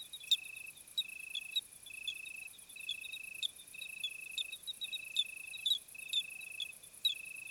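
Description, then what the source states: Cricket song of buzzing trills near a second long with short breaks, over a shimmering high chorus of other insects and occasional clicks. Summer night chorus, 26 July 2020 at 21:15, Plateau de Lesches-en-Diois; hot night; recorded with Nagra Seven and B&K omni microphone.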